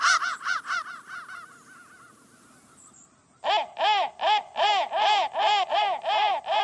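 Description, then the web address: Crow: rapid caws fade out, then a slower series of loud, hoarse, evenly spaced caws follows after a short quiet gap. "soundfactory crow"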